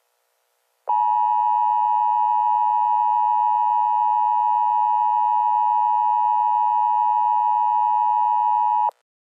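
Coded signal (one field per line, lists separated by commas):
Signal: Emergency Alert System (SAME) tones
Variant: 853 and 960 Hz attention tone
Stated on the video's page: Fictional EAS scenario of a tornado disaster in Colorado.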